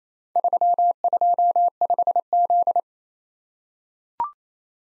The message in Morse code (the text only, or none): 325Z